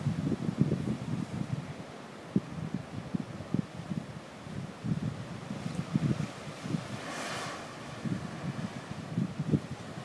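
Wind at a beach buffets the microphone in low, irregular thumps throughout, over a steady hiss of surf. Around the seventh second a brighter wash swells and fades as a wave breaks, then the gusty rumble continues.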